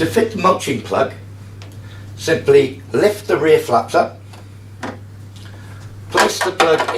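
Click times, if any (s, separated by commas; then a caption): none. Someone talks while the rear flap of a Hyundai HYM460SP lawn mower is lifted and a plastic mulching plug is placed and lined up in the rear discharge opening, with a few brief handling knocks. The plug has not seated or clicked yet.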